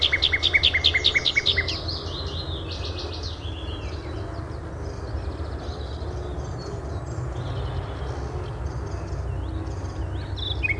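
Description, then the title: Bird song: a rapid string of bright, repeated notes, then buzzy trills and soft high twitters against a steady low hum. "LuckyPassaro Completos2Sama"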